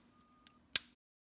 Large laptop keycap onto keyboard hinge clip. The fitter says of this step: Center the keycap over the hinge, and once aligned, push down, and you should hear it snap into place.